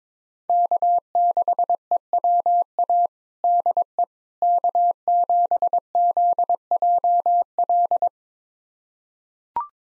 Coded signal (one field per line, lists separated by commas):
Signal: Morse code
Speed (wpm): 22 wpm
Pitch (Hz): 700 Hz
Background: none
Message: K6EWA DE K7ZJL